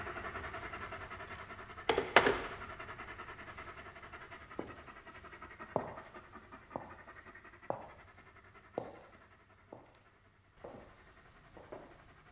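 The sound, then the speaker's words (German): Dogs pant heavily in a steady, rhythmic pattern of raspy breaths about once a second, with a sharp, louder burst near the start and no voices. “Die Hunde haben ihn zerrissen.”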